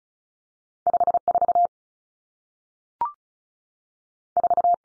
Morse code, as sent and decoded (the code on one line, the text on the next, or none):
..... / ....- / ....-
5 4 4